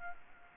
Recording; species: mosquito wingbeat signal from an infrared sensor; Anopheles gambiae